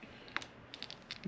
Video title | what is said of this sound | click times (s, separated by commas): Honda 400EX Rebuild Part 8 - Final Assembly | until you get that till you get this part out past the the end of this bracket here and it'll it'll pop into place. | 0.4 s